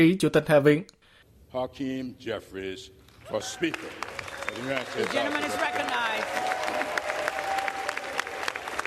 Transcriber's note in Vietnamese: vỗ Tay